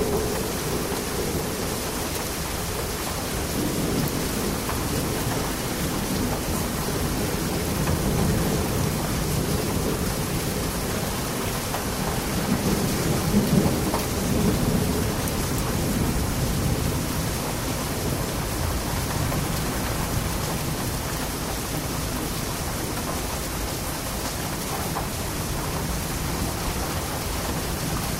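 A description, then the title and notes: Steady rain patters outside an open window, a dense, even hiss that holds at the same level throughout. Beneath it, a low, far-off rumble of thunder swells and rolls, strongest around the middle before settling back. Thunderstorm by the Open Window. The gentle patter of raindrops and the distant rumble of thunder.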